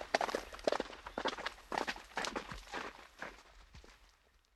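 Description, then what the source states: Horse hoofbeats in a rapid, uneven rhythm of thuds and clatters that fade toward the end. Horse starting into a canter.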